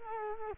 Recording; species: mosquito wingbeat signal from an infrared sensor; Culex quinquefasciatus